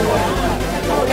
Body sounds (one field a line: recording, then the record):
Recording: background sound without coughing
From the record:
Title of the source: Nightlife Party Simulating Party Club Noise 1 Hour